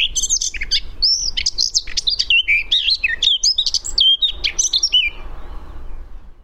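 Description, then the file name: Eurasian blackcap singing a busy, varied warble of quick chirps that gives way to loud, looping whistled notes, fading out at the end. "Sylvia atricapilla"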